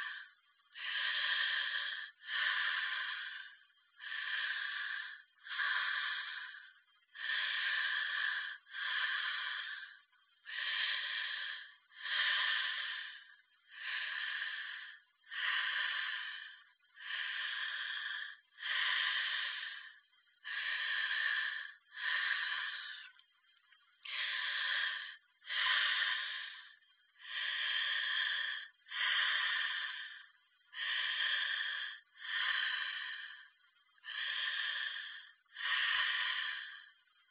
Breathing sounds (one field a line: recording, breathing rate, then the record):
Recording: paced breathing near a phone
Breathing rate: 18 breaths a minute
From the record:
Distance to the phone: 20 cm